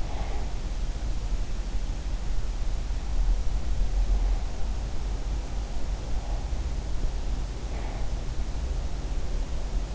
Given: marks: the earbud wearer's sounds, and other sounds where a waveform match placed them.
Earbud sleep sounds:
sounds in sleep by an in-ear microphone; breath
0.00-0.59 s: breath

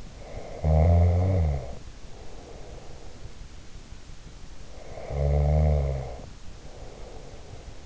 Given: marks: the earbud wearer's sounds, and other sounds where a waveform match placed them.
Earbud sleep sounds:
sounds in sleep by an in-ear microphone; snoring breath
0.23-3.49 s: snoring breath
4.69-7.86 s: snoring breath

